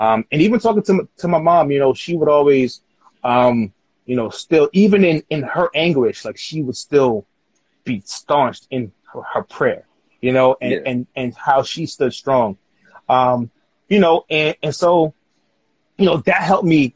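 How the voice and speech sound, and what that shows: Adult male speech with repeated syllables, a drawn-out sound and frequent fillers, fitting mild stuttering. He has stuttered since childhood and reduced it from about a 10 to about a 3 on his own scale by changing his pitch and speaking rate. The stutter is still audible.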